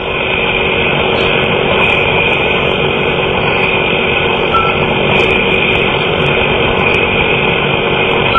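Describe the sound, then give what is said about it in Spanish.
A persistent, unbroken electronic beep-like tone buried in heavy droning hiss, steady and loud throughout with no pauses or talking, muffled, recorded on an old tape recorder by the head of a family; the beep was attributed to a large oval glowing light hovering over a nearby building, an alleged UFO. “Una gran luminosidad ovalada, que planeaba sobre un edificio próximo, parecía ser la causante del persistente bip que les había despertado. El cabeza de familia tomó entonces una vieja grabadora y registró este sonido.”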